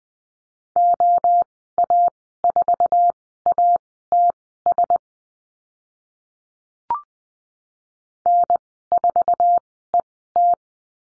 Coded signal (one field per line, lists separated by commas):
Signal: Morse code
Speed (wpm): 20 wpm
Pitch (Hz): 700 Hz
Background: none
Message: OA4ATS N4ET